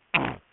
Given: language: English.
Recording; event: throat vibration sensor signal played as sound; throat clearing